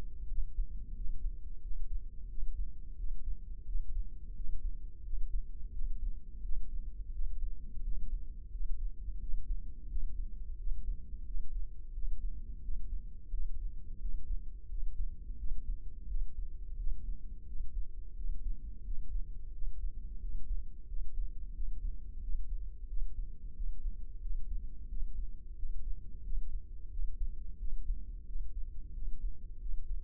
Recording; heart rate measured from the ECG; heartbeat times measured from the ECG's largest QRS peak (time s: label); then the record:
heart sounds by microphone in the left ear; 88 bpm
0.31 s: heartbeat
0.97 s: heartbeat
1.63 s: heartbeat
2.31 s: heartbeat
2.99 s: heartbeat
3.68 s: heartbeat
4.37 s: heartbeat
5.06 s: heartbeat
5.74 s: heartbeat
6.44 s: heartbeat
7.14 s: heartbeat
7.85 s: heartbeat
8.53 s: heartbeat
9.21 s: heartbeat
9.91 s: heartbeat
10.60 s: heartbeat
11.27 s: heartbeat
11.95 s: heartbeat
12.64 s: heartbeat
13.33 s: heartbeat
14.02 s: heartbeat
14.71 s: heartbeat
15.39 s: heartbeat
16.10 s: heartbeat
16.80 s: heartbeat
17.48 s: heartbeat
18.17 s: heartbeat
18.86 s: heartbeat
19.55 s: heartbeat
20.22 s: heartbeat
20.89 s: heartbeat
21.56 s: heartbeat
22.23 s: heartbeat
22.90 s: heartbeat
23.56 s: heartbeat
24.23 s: heartbeat
24.90 s: heartbeat
25.58 s: heartbeat
26.25 s: heartbeat
26.92 s: heartbeat
27.60 s: heartbeat
28.28 s: heartbeat
28.95 s: heartbeat
29.61 s: heartbeat
From the record:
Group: healthy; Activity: rest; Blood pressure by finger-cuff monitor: 128/78 mmHg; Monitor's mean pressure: 96 mmHg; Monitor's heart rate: 88 bpm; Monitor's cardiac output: 7.6 L/min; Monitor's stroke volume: 86 mL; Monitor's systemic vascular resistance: 940 dyn s/cm5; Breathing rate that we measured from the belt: 19 breaths a minute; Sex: male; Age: 21 years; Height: 175 cm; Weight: 72.6 kg